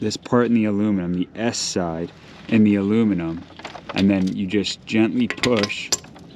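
A spring-metal glazing clip is hooked by its S-shaped side onto the aluminum frame of a greenhouse and gently pushed toward the edge of the glass pane, with faint metallic clinks of handling while someone talks. Nothing has snapped or seated onto the glass yet.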